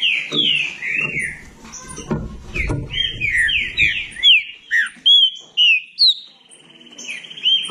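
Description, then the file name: Green-winged saltator song: fast series of clear whistled notes, many descending slurs, becoming louder and more spaced in the second half, with some low thuds early on. "canto do trinca ferro"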